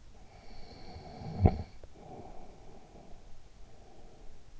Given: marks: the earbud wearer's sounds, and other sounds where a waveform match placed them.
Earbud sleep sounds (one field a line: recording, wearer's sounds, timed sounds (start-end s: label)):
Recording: sounds in sleep by an in-ear microphone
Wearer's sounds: snoring breath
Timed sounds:
0.35-3.69 s: snoring breath